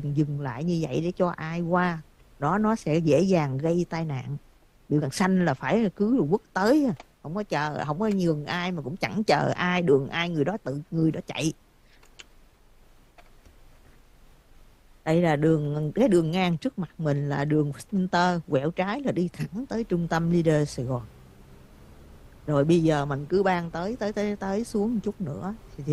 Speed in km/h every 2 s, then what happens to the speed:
11, 5, 0, 0, 0, 0, 0, 3, 2, 2, 10, 15, 23.
0-3 brakes to 0. 3-19 standing. 19-26 pulls away to 23.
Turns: none.